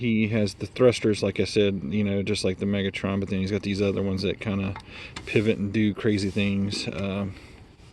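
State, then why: Not seated. Someone talks while handling a Transformers Studio Series Shockwave transforming toy figure, moving a pivoting plastic thruster part as it is folded during transformation. Nothing has seated or clicked yet; the clip ends before the part clicks into its locked position.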